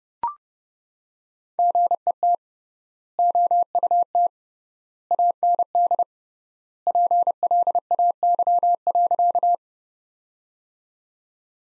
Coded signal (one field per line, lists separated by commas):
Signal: Morse code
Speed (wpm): 29 wpm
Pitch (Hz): 700 Hz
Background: none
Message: GET OUT AND PLAY.